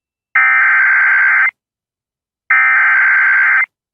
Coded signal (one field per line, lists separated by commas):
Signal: Emergency Alert System (SAME) tones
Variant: header bursts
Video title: 3 INCH HAIL!! TX SVR EAS #614